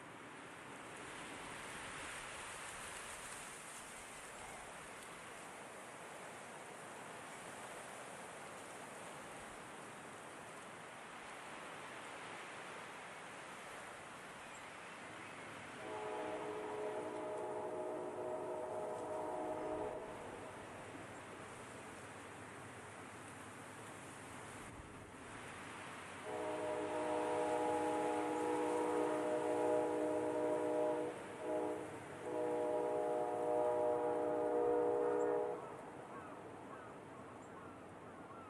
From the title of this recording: Summer Afternoon w/ Wind Blowing Through Grass, Train in The Distance & Faint Seagull Cawing